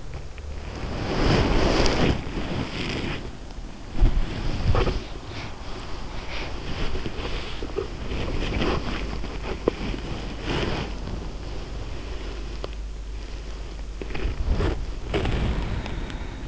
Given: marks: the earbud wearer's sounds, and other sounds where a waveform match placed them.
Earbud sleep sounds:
sounds in sleep by an in-ear microphone; body movement
0.00-16.48 s: body movement

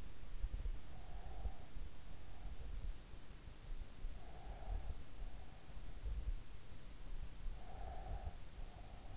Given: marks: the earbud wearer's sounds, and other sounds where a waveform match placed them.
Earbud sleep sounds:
sounds in sleep by an in-ear microphone; breath
0.71-2.26 s: breath
3.76-5.52 s: breath
7.31-9.17 s: breath

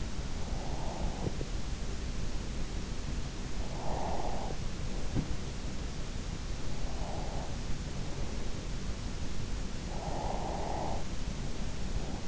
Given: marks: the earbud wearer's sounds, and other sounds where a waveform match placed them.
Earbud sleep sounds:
sounds in sleep by an in-ear microphone; breath
0.00-2.05 s: breath
3.25-5.77 s: breath
6.34-9.14 s: breath
9.77-12.28 s: breath

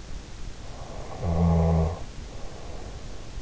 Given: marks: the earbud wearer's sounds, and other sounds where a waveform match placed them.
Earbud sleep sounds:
sounds in sleep by an in-ear microphone; snoring breath
0.74-3.33 s: snoring breath

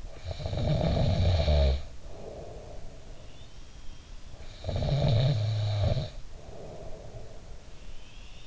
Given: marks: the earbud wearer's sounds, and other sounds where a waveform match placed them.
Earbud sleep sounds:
sounds in sleep by an in-ear microphone; snoring breath
0.00-3.50 s: snoring breath
4.34-7.77 s: snoring breath

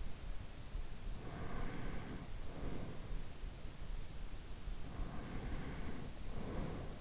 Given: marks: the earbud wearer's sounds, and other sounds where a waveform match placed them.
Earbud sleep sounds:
sounds in sleep by an in-ear microphone; breath
0.97-3.37 s: breath
4.91-7.01 s: breath

